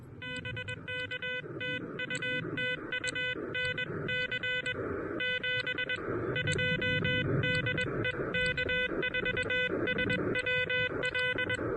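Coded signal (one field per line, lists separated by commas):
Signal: Morse code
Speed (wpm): 21 wpm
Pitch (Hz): 1500 Hz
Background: music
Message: BK TU TU NC 72 DE K4SWL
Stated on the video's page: QRP Parks on the Air activation in a national forest using an Elecraft KH1 with an end-fed half-wave antenna.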